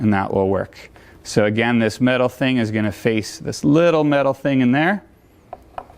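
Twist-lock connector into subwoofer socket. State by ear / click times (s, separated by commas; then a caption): seated / 5.5 s, 5.8 s. A twist-lock plug is lined up with its metal tab facing the metal contact in a subwoofer socket on a Bose portable sound system while someone talks. It is slid in and turned until it clicks into its locked position, with sharp clicks at 5.5 s and 5.8 s, followed by a couple of fainter ticks.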